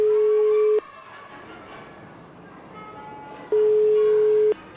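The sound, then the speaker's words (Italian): A phone call to a managing director rings out unanswered and goes to an answering machine: two long, steady mid-pitched ringback tones separated by a few seconds of quiet line hiss, loud and clear against the faint background. “Segreteria telefonica. Lo vedi? Non risponde.”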